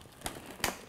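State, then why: Seated. A plastic lid is fitted onto a food processor bowl and turned until it locks. A brief knock sounds at about 0.3 s, then a sharp, louder click at 0.6 s as the lid locks into place. No one talks.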